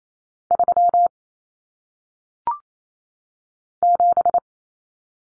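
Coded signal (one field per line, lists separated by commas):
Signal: Morse code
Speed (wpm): 28 wpm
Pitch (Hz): 700 Hz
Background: none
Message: 3 7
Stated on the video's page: 28 WPM head-copy drill of single-digit numbers, each sent in Morse, spoken, then sent again.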